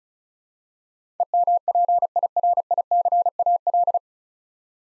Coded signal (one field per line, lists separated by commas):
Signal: Morse code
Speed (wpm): 36 wpm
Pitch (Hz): 700 Hz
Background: none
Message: EMPIRICAL